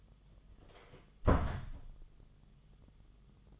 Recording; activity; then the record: daily activity, microphone in the room; close door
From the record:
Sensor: 4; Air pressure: 1005.8 hPa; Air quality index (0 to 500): 89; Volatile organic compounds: 2 ppm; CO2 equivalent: 1101 ppm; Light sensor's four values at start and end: 13/29/11/11 and 13/30/12/11